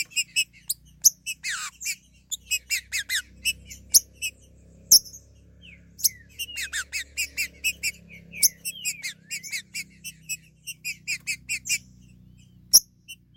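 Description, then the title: Green-winged saltator song: rapid series of sharp, bright notes with downslurred whistled phrases, repeating in bursts, with occasional sharp clicks. "Trinca Ferro"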